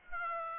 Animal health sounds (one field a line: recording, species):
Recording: mosquito wingbeat signal from an infrared sensor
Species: Aedes aegypti